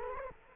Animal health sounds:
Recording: mosquito wingbeat signal from an infrared sensor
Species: Culex quinquefasciatus

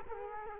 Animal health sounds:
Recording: mosquito wingbeat signal from an infrared sensor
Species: Culex quinquefasciatus

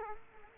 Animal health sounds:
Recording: mosquito wingbeat signal from an infrared sensor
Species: Culex quinquefasciatus

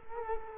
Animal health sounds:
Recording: mosquito wingbeat signal from an infrared sensor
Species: Culex quinquefasciatus

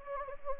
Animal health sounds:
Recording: mosquito wingbeat signal from an infrared sensor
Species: Anopheles gambiae

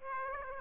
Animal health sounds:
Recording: mosquito wingbeat signal from an infrared sensor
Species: Aedes aegypti

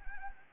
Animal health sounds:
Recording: mosquito wingbeat signal from an infrared sensor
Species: Anopheles arabiensis

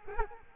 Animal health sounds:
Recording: mosquito wingbeat signal from an infrared sensor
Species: Culex quinquefasciatus

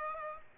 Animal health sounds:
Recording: mosquito wingbeat signal from an infrared sensor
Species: Aedes aegypti

